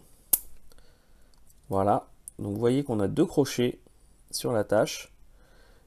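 A flexible plastic shield attachment is unclipped from the wrist of an HGCE Dagger L Gunpla model kit to show its two hooks, giving one sharp, loud pop at 0.3 s. The attachment is released, and someone talks right after.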